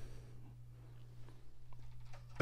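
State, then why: Released. The plastic cockpit section of a toy X-wing fighter is pulled out of the fuselage, making it easier to fit the pilot inside. Over a steady low hum, faint small ticks come at about 1.3 and 1.7 seconds. A sharp plastic pop at 2.4 seconds marks the cockpit section coming free.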